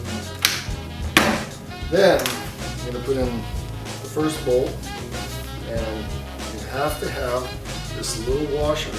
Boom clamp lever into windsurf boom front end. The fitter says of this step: It just goes right on there, snaps right in.